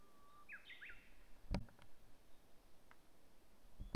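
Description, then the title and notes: Japanese bush warbler song opens with a low whistle and a quick higher flourish, followed by several sharp knocks and clicks. Recorded at Polan Square near the Miyazawa Kenji Memorial Museum parking lot, National Route 456, Hanamaki, Iwate, Japan, using a DR-07XP recorder. "宮沢賢治記念館駐車場, 国道456号, 花巻市, 岩手県, 日本 - uguisu in Polan Square. uguisu(鶯)=Horornis diphone"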